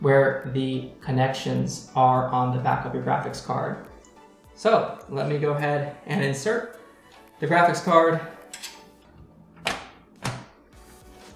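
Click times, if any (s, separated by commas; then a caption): none. Someone talks over background music while handling a graphics card to insert it into a motherboard PCI Express slot, with a few short handling knocks near the end. The card has not yet seated, and the slot latch has not clicked.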